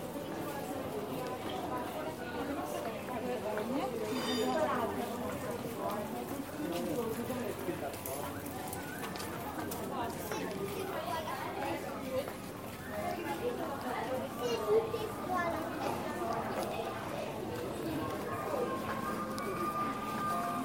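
Urban recording from Taormina, Sicily, filled with overlapping voices talking at once, a steady murmur of conversation with no pauses. A brief sharper clatter comes around the five-second mark, and a faint thin tone appears near the end.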